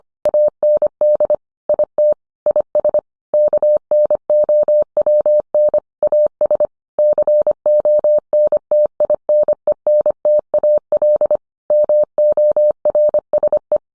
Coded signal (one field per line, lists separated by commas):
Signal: Morse code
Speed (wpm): 25 wpm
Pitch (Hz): 600 Hz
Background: none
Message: AND IT IS KNOWN AS CONTINENTAL MORSE